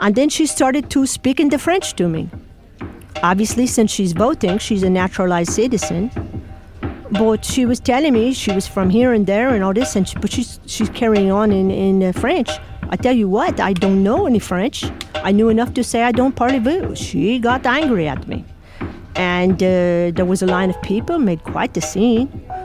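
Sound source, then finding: Adult woman speaking. Foreign accent syndrome.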